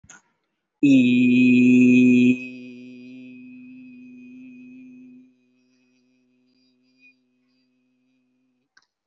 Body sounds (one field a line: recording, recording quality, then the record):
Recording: sustained vowel as in beet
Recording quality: excellent, no background noise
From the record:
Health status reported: respiratory illness, not identified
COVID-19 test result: negative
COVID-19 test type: RT-PCR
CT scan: taken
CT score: 0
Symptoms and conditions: another respiratory illness, another condition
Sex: male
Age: 20 years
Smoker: no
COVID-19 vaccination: one dose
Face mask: worn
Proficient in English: yes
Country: India